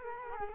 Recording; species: mosquito wingbeat signal from an infrared sensor; Culex quinquefasciatus